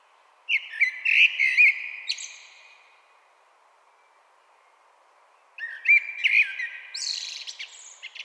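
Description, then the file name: Common blackbird song in two bursts, each opening with rich low whistles and closing in high, squeaky chattering notes, with quiet between them. "Turdus merula"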